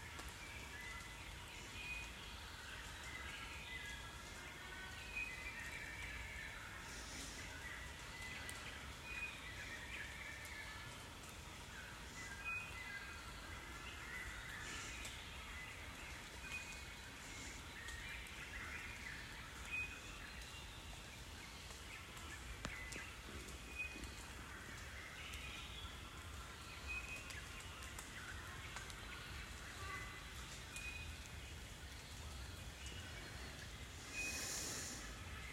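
Dawn in a Kenyan rainforest: a dense, steady wash of insect and forest hum fills the air while scattered bird calls and short chirps pop out every few seconds. A faint constant low rumble sits underneath, with a brighter rustle near the end.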